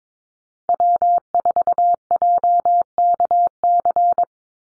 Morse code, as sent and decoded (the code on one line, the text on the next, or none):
.-- ....- .--- -.- -.-.
W4JKC